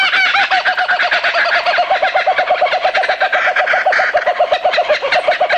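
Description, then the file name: Laughing kookaburra calling, a fast, steady stream of hooting notes with overlapping higher cackling laughter throughout. "waraikawasemi"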